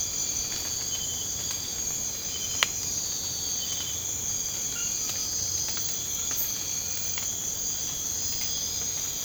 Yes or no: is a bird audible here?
no